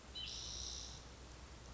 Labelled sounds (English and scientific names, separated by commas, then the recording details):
White-breasted Nuthatch (Sitta carolinensis)
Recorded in Sonoma County, California